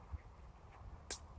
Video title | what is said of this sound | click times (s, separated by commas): Survival Abseiling Harness - Rapelle Sele | er der en åbning og her Er der noget ekstra SN klikker | 1.1 s